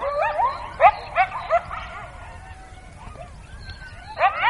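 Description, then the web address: Coyote yipping and barking: a quick burst of high, cracking yelps, then a thin wavering howl, and more sharp yips at the end. "naturelibrary coyote"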